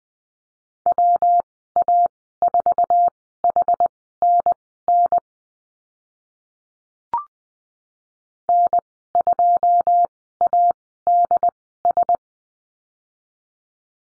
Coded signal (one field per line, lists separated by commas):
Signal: Morse code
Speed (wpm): 19 wpm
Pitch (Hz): 700 Hz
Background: none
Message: WA4HNN N2ADS